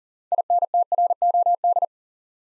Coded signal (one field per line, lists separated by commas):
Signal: Morse code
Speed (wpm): 40 wpm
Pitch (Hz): 700 Hz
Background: none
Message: INTROD